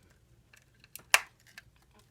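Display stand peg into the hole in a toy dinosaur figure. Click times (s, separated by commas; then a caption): 1.1 s. A plastic peg on a display stand is pushed into a small hole in the bottom of a plastic toy dinosaur figure, and it is a bit hard to get in. A few faint plastic ticks lead up to a sharp snap at 1.1 s as the peg seats, followed by a couple of quieter taps.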